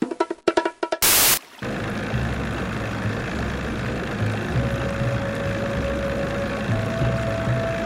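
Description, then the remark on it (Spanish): A motorboat engine on Lake Titicaca idles before departure with a steady, low rumbling drone and a faint higher whine rising later, after a brief opening of sharp clattering knocks and a loud burst of rushing noise. “Apúrate, Adriana, la lancha ya va a partir.”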